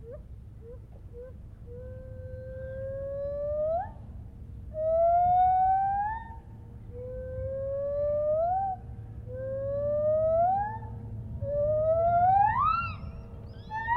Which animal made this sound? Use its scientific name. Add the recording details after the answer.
Hylobates lar. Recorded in captivity. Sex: group. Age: adult. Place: Tierpark Berlin, Berlin, DE. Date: 1971-07-31. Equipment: Uher 4200 Report Stereo, Sennheiser MD 421, Tesla-Verstärker. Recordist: Tembrock, Günter